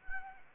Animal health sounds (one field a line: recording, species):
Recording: mosquito wingbeat signal from an infrared sensor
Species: Anopheles arabiensis